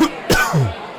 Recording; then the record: coughing mixed with background sound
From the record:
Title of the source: Coughing 51